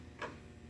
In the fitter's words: give it a nice turn until it clicks into place